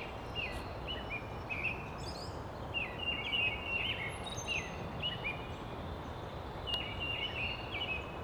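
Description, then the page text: Tufted titmouse giving short, high chips and brief whistled notes in loose bursts over a steady low rumbling background noise. Maryland. "Tufted Titmouse by Stephen John Davies via iNaturalist"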